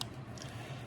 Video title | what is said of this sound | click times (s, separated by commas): How To Fix Jeep Wrangler JK LED Headlight Fitment Issues | if you listen you'll hear this thing click into the thing | 0.0 s